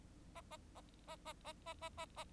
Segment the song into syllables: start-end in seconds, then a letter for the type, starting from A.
0.35-0.41 A, 0.50-0.57 A, 0.75-0.81 A, 1.07-1.16 A, 1.25-1.33 A, 1.44-1.53 A, 1.66-1.74 A, 1.81-1.89 A, 1.97-2.06 A, 2.17-2.24 A